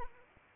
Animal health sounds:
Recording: mosquito wingbeat signal from an infrared sensor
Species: Anopheles arabiensis

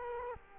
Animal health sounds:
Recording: mosquito wingbeat signal from an infrared sensor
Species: Culex quinquefasciatus

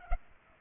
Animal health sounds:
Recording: mosquito wingbeat signal from an infrared sensor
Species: Culex pipiens

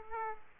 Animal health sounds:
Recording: mosquito wingbeat signal from an infrared sensor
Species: Aedes aegypti

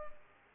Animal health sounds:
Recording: mosquito wingbeat signal from an infrared sensor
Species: Culex pipiens

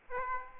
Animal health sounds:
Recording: mosquito wingbeat signal from an infrared sensor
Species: Aedes aegypti

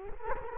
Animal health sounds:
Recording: mosquito wingbeat signal from an infrared sensor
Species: Culex quinquefasciatus

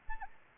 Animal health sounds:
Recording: mosquito wingbeat signal from an infrared sensor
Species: Anopheles arabiensis

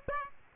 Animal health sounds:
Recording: mosquito wingbeat signal from an infrared sensor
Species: Aedes aegypti

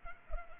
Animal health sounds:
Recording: mosquito wingbeat signal from an infrared sensor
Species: Culex pipiens

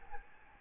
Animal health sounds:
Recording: mosquito wingbeat signal from an infrared sensor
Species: Aedes albopictus

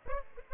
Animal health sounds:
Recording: mosquito wingbeat signal from an infrared sensor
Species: Aedes aegypti

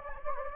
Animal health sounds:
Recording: mosquito wingbeat signal from an infrared sensor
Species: Anopheles gambiae

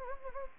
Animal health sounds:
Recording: mosquito wingbeat signal from an infrared sensor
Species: Anopheles gambiae

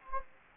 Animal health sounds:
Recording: mosquito wingbeat signal from an infrared sensor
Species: Anopheles gambiae

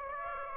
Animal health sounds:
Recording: mosquito wingbeat signal from an infrared sensor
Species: Aedes aegypti

